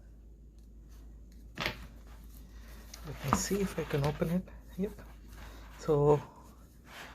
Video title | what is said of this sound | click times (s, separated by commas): AKG N700 M2 ANC headphones unboxing and first impressions | opening it up it seems to just click into place see | 1.7 s